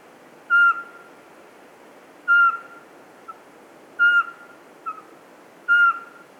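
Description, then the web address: Eurasian pygmy owl call, a short clear whistled note repeated four times at a steady pace, with a softer extra note between some, over quiet background hiss. 27 September 2017, near 8 pm, 12 degrees, at the foot of Pic de Bure, Dévoluy massif; the small owl perched at the top of a spruce. "rencontre avec la chevechette"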